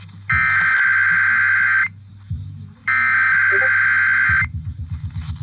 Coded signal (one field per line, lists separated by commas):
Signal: Emergency Alert System (SAME) tones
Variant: header bursts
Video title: Required Weekly Test on KDKA-AM #45 || 6/26/22 (EAS # 1164-1166)